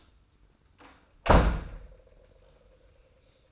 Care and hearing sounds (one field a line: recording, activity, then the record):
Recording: daily activity, microphone in the room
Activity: close door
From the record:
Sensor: 2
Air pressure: 990.2 hPa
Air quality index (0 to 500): 185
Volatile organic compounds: 1000 ppm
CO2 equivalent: 5892 ppm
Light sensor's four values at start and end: 34/80/33/33 and 35/81/33/33